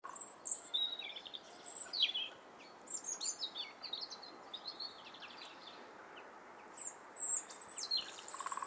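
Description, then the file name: European robin singing a sequence of high, tinkling, jumbled phrases of sharp notes and quick trills, with brief gaps between phrases. "Erithacus rubecula"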